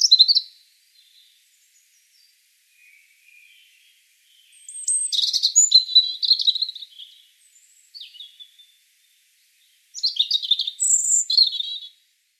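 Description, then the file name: European robin song in several short phrases of thin, high, tumbling notes and trills, separated by pauses of a few seconds. "Erithacus rubecula 240528"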